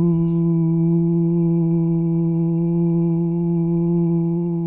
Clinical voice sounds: sustained vowel /u/; male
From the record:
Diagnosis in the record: Parkinson's disease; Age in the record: 65 years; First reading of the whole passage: 164 s, 3.2 characters per second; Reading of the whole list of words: 151 s, 1.9 characters per second

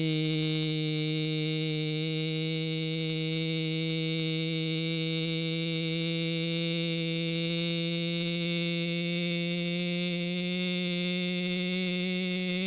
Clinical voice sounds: sustained vowel /i/; male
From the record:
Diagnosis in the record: Parkinson's disease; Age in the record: 75 years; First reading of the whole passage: 62 s, 8.3 characters per second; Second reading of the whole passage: 57 s, 9.2 characters per second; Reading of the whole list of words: 53 s, 5.3 characters per second

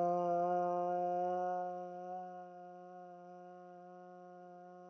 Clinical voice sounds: sustained vowel /a/; female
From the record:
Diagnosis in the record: healthy control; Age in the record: 61 years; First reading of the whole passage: 59 s, 8.5 characters per second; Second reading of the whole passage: 54 s, 7.6 characters per second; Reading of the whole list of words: 57 s, 4.9 characters per second

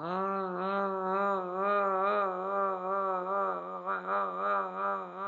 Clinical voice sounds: sustained vowel /a/; female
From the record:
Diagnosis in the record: healthy control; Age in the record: 70 years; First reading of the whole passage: 149 s, 3.0 characters per second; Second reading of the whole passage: 105 s, 4.4 characters per second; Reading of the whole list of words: 65 s, 4.0 characters per second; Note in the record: marked for poor recording quality or reading difficulty

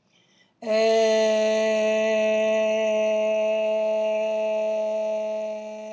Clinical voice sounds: sustained vowel /e/; female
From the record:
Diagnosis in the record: healthy control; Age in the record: 69 years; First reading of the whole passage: 57 s, 9.1 characters per second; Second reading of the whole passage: 50 s, 10.4 characters per second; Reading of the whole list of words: 47 s, 6.0 characters per second

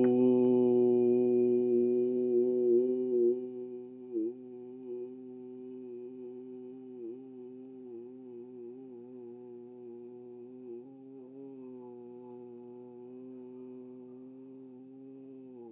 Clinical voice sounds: sustained vowel /u/; male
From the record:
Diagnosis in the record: healthy control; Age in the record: 60 years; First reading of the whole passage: 60 s, 8.3 characters per second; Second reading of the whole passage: 54 s, 9.4 characters per second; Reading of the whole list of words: 38 s, 7.2 characters per second

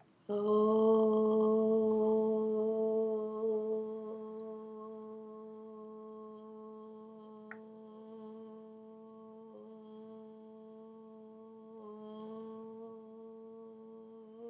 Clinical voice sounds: sustained vowel /o/; female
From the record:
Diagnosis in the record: healthy control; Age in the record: 60 years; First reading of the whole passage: 59 s, 7.9 characters per second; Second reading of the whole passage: 55 s, 8.5 characters per second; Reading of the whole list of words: 44 s, 6.4 characters per second

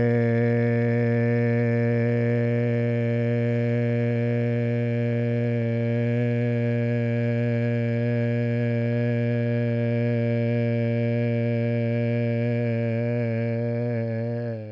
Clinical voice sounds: sustained vowel /e/; male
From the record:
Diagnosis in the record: Parkinson's disease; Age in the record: 70 years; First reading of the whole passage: 65 s, 7.9 characters per second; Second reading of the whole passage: 60 s, 8.6 characters per second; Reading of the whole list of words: 48 s, 5.8 characters per second

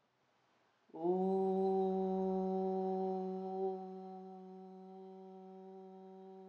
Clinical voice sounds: sustained vowel /u/; female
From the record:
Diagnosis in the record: healthy control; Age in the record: 69 years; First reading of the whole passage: 64 s, 7.9 characters per second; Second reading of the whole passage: 54 s, 9.5 characters per second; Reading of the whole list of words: 33 s, 8.4 characters per second

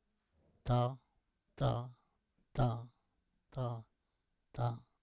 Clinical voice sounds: repeated syllable /ta/; male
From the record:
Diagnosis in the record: Parkinson's disease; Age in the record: 68 years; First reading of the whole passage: 85 s, 6.1 characters per second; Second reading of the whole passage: 63 s, 8.2 characters per second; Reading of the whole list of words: 49 s, 5.8 characters per second

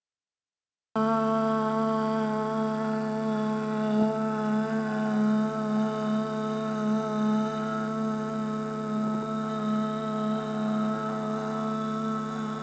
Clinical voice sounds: sustained vowel /a/; female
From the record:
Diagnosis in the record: healthy control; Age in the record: 62 years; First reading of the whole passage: 101 s, 4.7 characters per second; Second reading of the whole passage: 77 s, 5.9 characters per second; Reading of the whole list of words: 66 s, 3.9 characters per second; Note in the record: marked for poor recording quality or reading difficulty

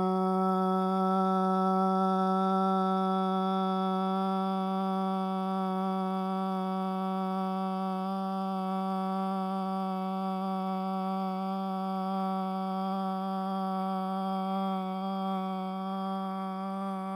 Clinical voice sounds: sustained vowel /a/; male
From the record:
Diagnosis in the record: Parkinson's disease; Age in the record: 71 years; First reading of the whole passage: 60 s, 8.7 characters per second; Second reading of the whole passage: 57 s, 9.1 characters per second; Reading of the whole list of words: 54 s, 5.3 characters per second

